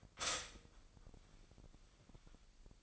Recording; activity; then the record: daily activity, microphone in the room; stop toaster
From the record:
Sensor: 5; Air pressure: 1002.1 hPa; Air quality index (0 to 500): 208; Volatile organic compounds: 20 ppm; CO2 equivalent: 2688 ppm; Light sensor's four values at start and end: 33/108/41/44 and 33/108/41/43